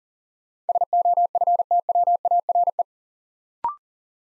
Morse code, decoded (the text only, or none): SOFTWARE